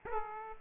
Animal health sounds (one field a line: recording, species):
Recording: mosquito wingbeat signal from an infrared sensor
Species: Aedes aegypti